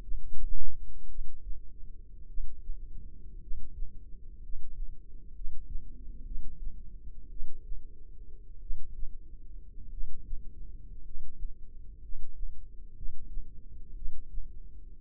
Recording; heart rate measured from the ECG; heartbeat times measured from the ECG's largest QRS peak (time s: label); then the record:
heart sounds by microphone in the left ear; 56 bpm
1.07 s: heartbeat
2.26 s: heartbeat
3.39 s: heartbeat
4.39 s: heartbeat
5.32 s: heartbeat
6.23 s: heartbeat
7.28 s: heartbeat
8.59 s: heartbeat
9.89 s: heartbeat
11.01 s: heartbeat
11.99 s: heartbeat
12.93 s: heartbeat
13.93 s: heartbeat
From the record:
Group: healthy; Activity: cold pressor test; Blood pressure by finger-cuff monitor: 116/49 mmHg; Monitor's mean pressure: 71 mmHg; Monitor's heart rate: 57 bpm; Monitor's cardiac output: 6.6 L/min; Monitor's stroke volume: 119 mL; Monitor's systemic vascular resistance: 780 dyn s/cm5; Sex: male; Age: 25 years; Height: 170 cm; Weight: 70.4 kg